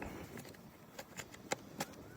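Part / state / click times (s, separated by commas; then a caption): wiring harness connector onto ignition coil / not seated / none. A wiring harness connector is handled and pushed toward an ignition coil on a 2021 Dodge Durango R/T 5.7 HEMI during spark plug replacement, with a low background hum. A few faint plastic taps and rattles come through, the sharpest near 1.5 s and another near 1.8 s. Nothing has seated or clicked yet.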